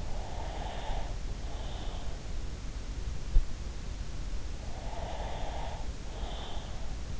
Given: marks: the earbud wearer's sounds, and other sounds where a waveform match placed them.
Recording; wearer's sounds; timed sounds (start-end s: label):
sounds in sleep by an in-ear microphone; breath
0.06-2.23 s: breath
4.82-7.20 s: breath